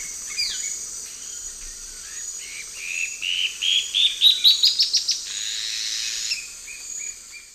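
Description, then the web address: Dusky-throated antshrike song: a run of short notes that speeds up and climbs steadily in pitch, then stops, over a constant high insect hum. Song, recorded in the Eastern Lowlands of South America. "Natures Songs S America Eastern Lowlands. Thamnomanes ardesiacus, song"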